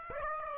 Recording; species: mosquito wingbeat signal from an infrared sensor; Aedes aegypti